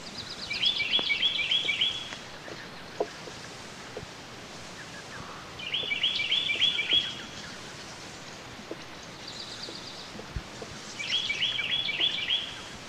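Carolina wren song: three bursts of rapidly repeated rich rolling notes, spaced roughly five seconds apart, with faint higher chatter between, over background hiss.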